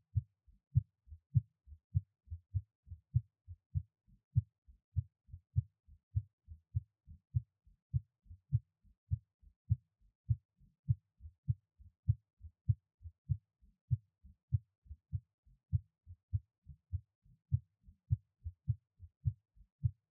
Give my Heartbeat. I recorded it right away when I was done with the workout.